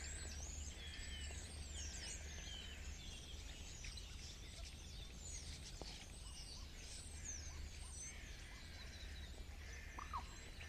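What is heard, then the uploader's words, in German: A morning in a clay pit: dense, overlapping birdsong chirps and trills continue throughout over a steady low rumble, with occasional brief squeaks. Ein Morgen in der Lehmgrube. Ich liebe die Stare.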